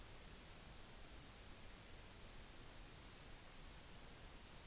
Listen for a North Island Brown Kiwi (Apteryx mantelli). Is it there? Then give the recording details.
no. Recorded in New Zealand on 16 June 2014. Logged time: 02:19